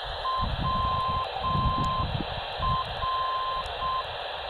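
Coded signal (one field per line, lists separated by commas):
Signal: Morse code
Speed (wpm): 6 wpm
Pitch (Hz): 1040 Hz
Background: none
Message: WR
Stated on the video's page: 289 kHz non-directional beacon received 20 km away on a Malachite DSP receiver with built-in whip antenna.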